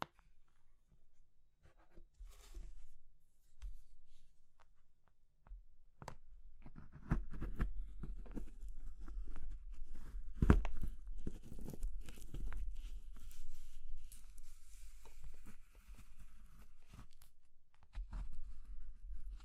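Crumbly crushing and scraping sounds, sparse at first, then dense crackly bursts from seven seconds on, with brief pauses and sharp snaps.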